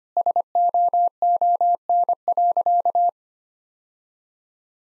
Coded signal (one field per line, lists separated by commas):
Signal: Morse code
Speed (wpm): 25 wpm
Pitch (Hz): 700 Hz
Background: none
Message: SOON.